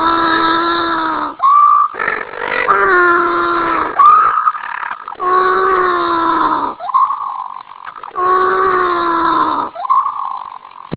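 Penguin braying: long droning harmonic notes repeated several times, each followed by short higher squealing notes.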